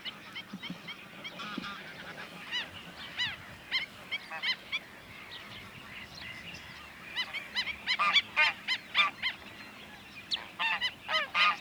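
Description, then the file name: Black-winged stilt calling with sharp nasal yaps in irregular bursts, quieter at first and then louder and faster towards the end. "golyatocs hangja"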